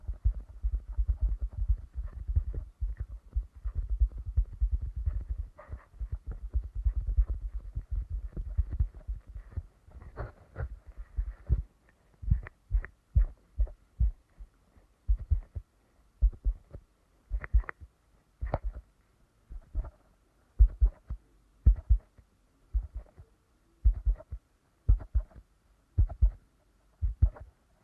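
Deep ear canal massage: dense, low rubbing thumps for the first ten seconds, then evenly spaced soft pulses like a slow heartbeat.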